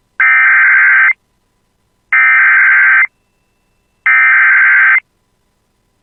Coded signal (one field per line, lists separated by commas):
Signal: Emergency Alert System (SAME) tones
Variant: header bursts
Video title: [EAS] Second Severe Thunderstorm Warning for the Bemidji Area (8/7/26)